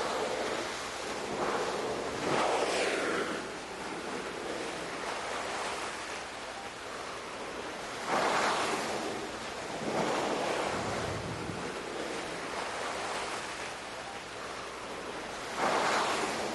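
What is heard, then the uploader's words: Ocean waves wash in and break in a slow, irregular rhythm, with louder surges around two, eight, ten and sixteen seconds. Between breakers a steady hiss of foam and churning water fills the space, and a faint low rumble of wind sits underneath. Calming Seas Sounds for Deep Sleeping, Ocean Waves. Relaxing ocean sounds.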